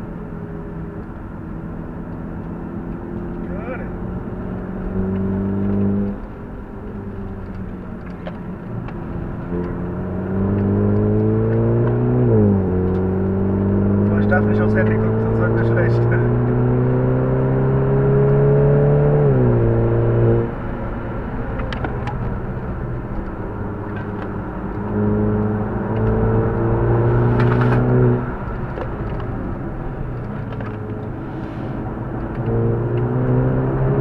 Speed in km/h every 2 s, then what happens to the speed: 50, 54, 63, 62, 55, 73, 85, 99, 115, 132, 138, 104, 98, 111, 82, 62, 80.
0-4 speeds up to 63. 4-8 slows to 55. 8-19 speeds up to 138. 20-23 brakes to 98. 23-27 speeds up to 111. 27-29 brakes to 62.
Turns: 0-4, 7-10, 22-26, 28-34.